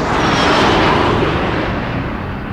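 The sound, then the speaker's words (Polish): A loud, steady jet-like roar fills the moment, a broad rushing drone of an airplane passing overhead that holds strong and then eases slightly toward the end, with no voices. “W Polsce motory powyżej 125 cm sześciennych mogą legalnie emitować 96 decybeli, czyli prawie tyle, co przelatujący samolot.”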